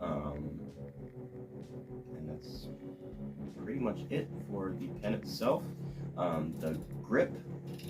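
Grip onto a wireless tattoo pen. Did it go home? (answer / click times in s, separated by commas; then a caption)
no / none. A grip is being handled for fitting onto a BRONC V1 wireless rotary tattoo pen, where it is meant to click into place and hold so it does not spin. Someone talks over steady background music, with no distinct click heard. Nothing has seated or clicked yet.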